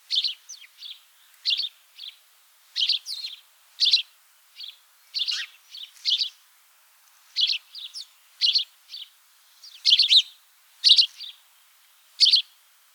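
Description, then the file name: House sparrow chirping, short bright chirps in quick pairs and clusters, steady chatter throughout. "Passer domesticus"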